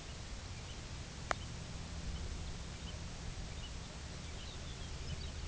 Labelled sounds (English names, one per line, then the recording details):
American Golden-plover
Lapland Longspur
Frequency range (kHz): American Golden-plover 1.6-4.1 kHz; Lapland Longspur 2.9-5.6 kHz
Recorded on Arctic tundra, site UTQI-2, on 15 June 2019
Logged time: 22:00